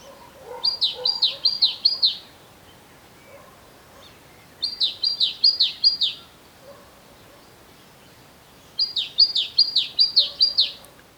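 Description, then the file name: Great tit song: three short bursts of bright, see-sawing two-note phrases, each burst of several repeats, spaced roughly four seconds apart, with quieter lower chirps between. "Parus major"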